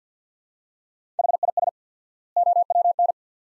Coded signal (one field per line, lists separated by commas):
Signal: Morse code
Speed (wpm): 45 wpm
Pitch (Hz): 700 Hz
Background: none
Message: HIS OWN